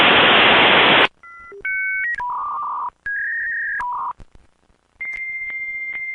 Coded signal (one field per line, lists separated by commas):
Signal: dial-up modem handshake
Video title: 10 Minutes of Dial A Modem | Just Annoying Sounds